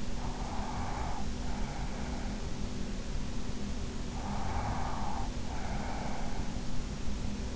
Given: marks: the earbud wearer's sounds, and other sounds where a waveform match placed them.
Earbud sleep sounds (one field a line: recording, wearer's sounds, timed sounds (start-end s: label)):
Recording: sounds in sleep by an in-ear microphone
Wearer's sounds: breath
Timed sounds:
0.00-2.35 s: breath
4.02-6.65 s: breath